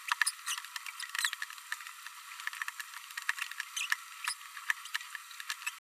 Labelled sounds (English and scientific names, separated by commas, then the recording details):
Green-rumped Parrotlet (Forpus passerinus) babbling
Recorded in a nest box in Venezuela
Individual 18B104A3